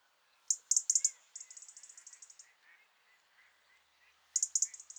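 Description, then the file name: European robin calls: rapid clusters of hard, high ticks, then a fainter trailing series of ticks and quiet low notes, with another burst of ticks near the end. "Erithacus rubecula"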